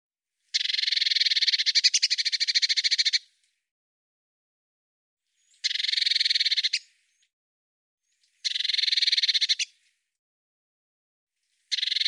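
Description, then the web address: Eurasian blue tit scolding churr: a long rattling burst of over two seconds, then three shorter buzzy pulsed bursts at intervals of about three seconds, nothing else audible. "Deverinetal"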